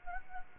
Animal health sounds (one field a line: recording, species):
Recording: mosquito wingbeat signal from an infrared sensor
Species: Anopheles gambiae